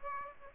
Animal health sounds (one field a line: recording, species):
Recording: mosquito wingbeat signal from an infrared sensor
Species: Aedes aegypti